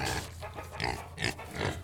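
Guinea hog giving several short grunts, some louder and harsher.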